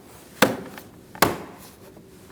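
A plastic trim piece is pressed into the groove of a front bumper cover on a 2008-2014 Mercedes-Benz C300. Two loud, sharp plastic snaps ring out at 0.4 s and 1.2 s, with fainter ticks in between. The trim piece ends up snapped fully home in the bumper groove.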